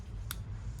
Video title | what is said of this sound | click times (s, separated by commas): Installing a Factor 55 Flatlink | kind of push it down until you hear a click | 0.3 s